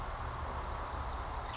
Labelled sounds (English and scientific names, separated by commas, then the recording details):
Western Tanager (Piranga ludoviciana)
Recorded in Sonoma County, California